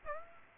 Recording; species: mosquito wingbeat signal from an infrared sensor; Aedes aegypti